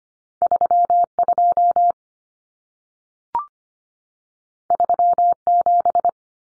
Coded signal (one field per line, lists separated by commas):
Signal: Morse code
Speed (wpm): 25 wpm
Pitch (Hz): 700 Hz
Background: none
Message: 32 37